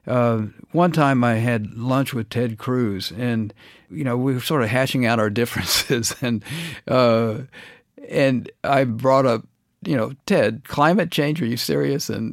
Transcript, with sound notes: One time, I had lunch with Ted Cruz. And, you know, we were sort of hashing out our differences (laughter). And I brought up, you know, Ted, climate change - are you serious?